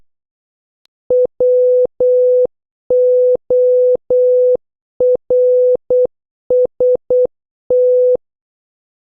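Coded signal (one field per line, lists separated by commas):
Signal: Morse code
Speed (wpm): 8 wpm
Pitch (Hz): 500 Hz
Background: none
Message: WORST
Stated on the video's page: Morse practice words from letters O to Z, starting slow and gradually increasing speed.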